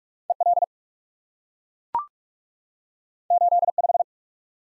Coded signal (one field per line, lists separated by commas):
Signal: Morse code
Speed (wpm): 44 wpm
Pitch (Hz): 700 Hz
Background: none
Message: EL 85